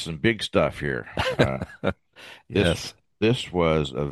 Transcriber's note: laughs